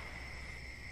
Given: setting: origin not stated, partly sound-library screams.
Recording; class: one-second piece from a danger detection set; normal situation